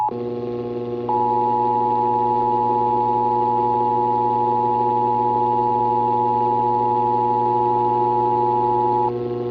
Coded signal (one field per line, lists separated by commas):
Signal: Emergency Alert System (SAME) tones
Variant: 853 and 960 Hz attention tone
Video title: IPAWSCAP RWTs & More (EAS #1001-#1014)